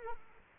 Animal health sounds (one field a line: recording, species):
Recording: mosquito wingbeat signal from an infrared sensor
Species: Aedes aegypti